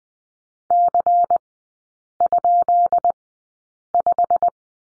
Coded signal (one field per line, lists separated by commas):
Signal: Morse code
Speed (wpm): 20 wpm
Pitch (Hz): 700 Hz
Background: none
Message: C?5